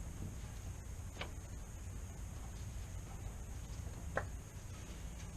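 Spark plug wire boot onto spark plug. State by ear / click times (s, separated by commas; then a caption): not seated / none. A spark plug wire boot is dropped onto a spark plug and worked back and forth for a long time over steady low background noise, with two brief faint ticks near 1.2 s and 4.2 s. The boot is on, but it has not clicked into place yet.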